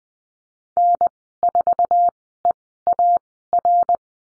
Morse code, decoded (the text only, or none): N4EAR